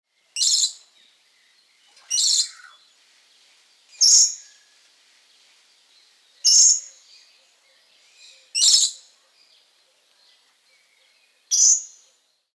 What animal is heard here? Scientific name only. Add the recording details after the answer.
Pseudeos fuscata. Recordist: Tembrock, Günter. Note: Rufe